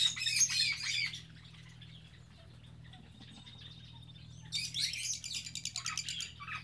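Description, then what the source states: Birds in fast scratchy chatter at the start, a near-silent pause, then another rapid burst of harsh stuttering notes at the end. Captive birds kept in an aviary on Spetses.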